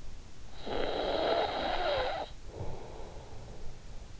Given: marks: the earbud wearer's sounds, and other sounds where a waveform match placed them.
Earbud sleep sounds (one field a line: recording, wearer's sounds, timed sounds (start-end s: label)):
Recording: sounds in sleep by an in-ear microphone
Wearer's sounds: snoring breath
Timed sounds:
0.29-3.98 s: snoring breath